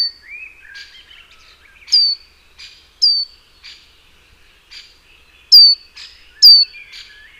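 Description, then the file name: Great tit calls: bright, high downslurred notes given irregularly about once a second, with fainter notes between them. "Parus major"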